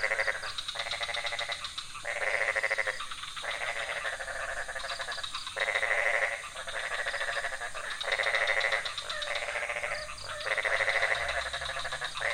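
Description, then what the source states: Frogs giving rapid pulsed rattles in repeated bursts with brief gaps, over a constant background chorus. Several frog species calling at night in a pond near a hotel in Ubud, Bali, Indonesia; recorded with Sony PCM D50, Rode NT4 and boompole.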